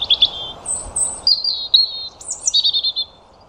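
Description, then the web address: European robin song: a wavering trill, high sustained whistles, a sweeping rising-falling note and a quick run of repeated notes, delivered continuously over faint hiss. "Deverinetal 2025 File origin Bird Only Er Ru"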